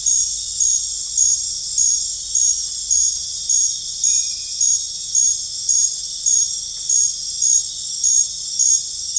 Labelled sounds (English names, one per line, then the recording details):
none
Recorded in dense forest near Puerto Asís, Putumayo, Colombia, on 20 December 2024 at 21:00
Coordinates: 0.484, -76.325
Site G056